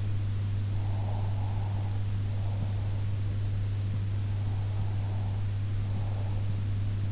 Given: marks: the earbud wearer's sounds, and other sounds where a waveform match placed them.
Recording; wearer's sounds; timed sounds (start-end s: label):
sounds in sleep by an in-ear microphone; breath
0.61-3.15 s: breath
4.37-6.56 s: breath